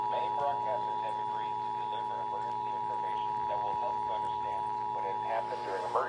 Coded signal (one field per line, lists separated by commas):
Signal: Emergency Alert System (SAME) tones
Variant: 853 and 960 Hz attention tone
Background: speech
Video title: Los Angeles Required Monthly Test EAS (#13-#25) 3/30/21